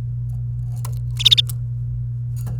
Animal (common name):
Domestic Canary